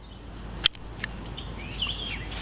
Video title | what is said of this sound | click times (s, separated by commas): Gerber Edict -Green Folding Knife 30-001300 - video overview | gonna have the lock back system here just to push that down close the blade nice | 0.7 s